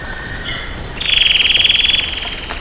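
Bird trill: a high, rapid, buzzy pulsed trill lasting about a second, preceded by faint softer high notes.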